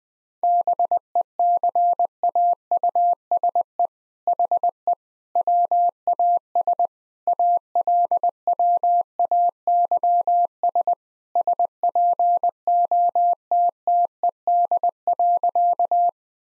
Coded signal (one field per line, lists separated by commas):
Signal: Morse code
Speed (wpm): 20 wpm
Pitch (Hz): 700 Hz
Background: none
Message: BECAUSE HE WAS ALWAYS SPOTTED.